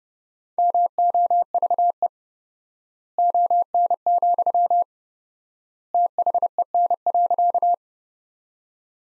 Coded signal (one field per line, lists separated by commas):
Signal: Morse code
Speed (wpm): 30 wpm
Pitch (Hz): 700 Hz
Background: none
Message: MOVE ON, THEN.